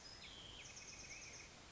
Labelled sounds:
Black-headed Grosbeak (Pheucticus melanocephalus)
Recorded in Sonoma County, California

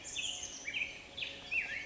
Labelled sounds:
Black-headed Grosbeak (Pheucticus melanocephalus)
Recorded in Sonoma County, California

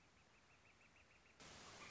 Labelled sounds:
Northern Flicker (Colaptes auratus)
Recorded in Sonoma County, California

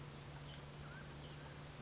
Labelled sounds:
Mountain Quail (Oreortyx pictus)
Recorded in Sonoma County, California

